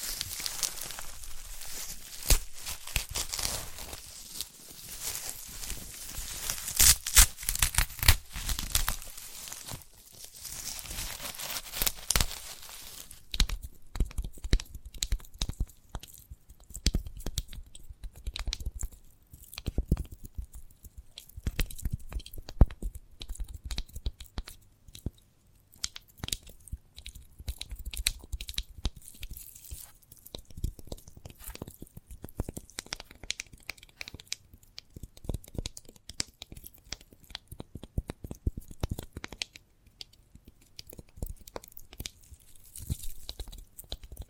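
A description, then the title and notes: Sprouted coconut being handled, with dense tearing and crunching for the first thirteen seconds, then sparser, irregular clicks, crackles and soft chewing-like bites. ASMR of a Sprouted Coconut (No Talking).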